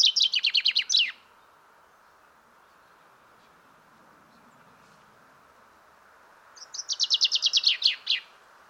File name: Fringilla coelebs